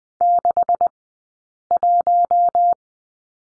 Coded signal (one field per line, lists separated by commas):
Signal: Morse code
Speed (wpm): 20 wpm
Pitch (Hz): 700 Hz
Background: none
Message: 61